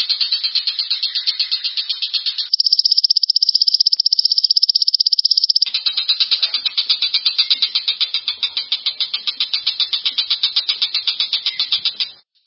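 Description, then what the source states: Long-tailed shrike song: fast, regular chattering notes with a sustained buzzy rattle in the middle, continuing until an abrupt stop. Combination song compiled for songbird training.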